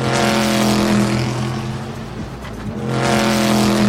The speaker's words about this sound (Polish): No i naszym numerem jeden jest od zawsze, oczywiście Chevrolet Corvette, to trzęsienie ziemi jest, jak on przejeżdża, no coś niesamowitego. Tak jakby ogr połknął, nie wiem, ul z szerszeni, chyba coś takiego. No tak, to mniej więcej jest taki dźwięk.